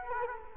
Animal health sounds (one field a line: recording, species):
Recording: mosquito wingbeat signal from an infrared sensor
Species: Culex quinquefasciatus